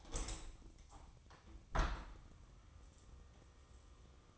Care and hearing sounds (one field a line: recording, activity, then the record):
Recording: daily activity, microphone in the room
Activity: open window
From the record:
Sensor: 1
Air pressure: 1000.6 hPa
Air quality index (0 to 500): 182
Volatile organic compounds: 4 ppm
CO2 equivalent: 1675 ppm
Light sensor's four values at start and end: 10/25/10/12 and 11/26/10/12